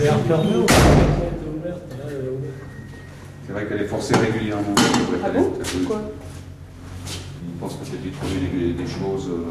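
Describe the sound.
An apartment building door, opened using buttons, opens with a sharp, heavy clunk near the start, followed by a few softer thuds and rattles while people keep talking over it.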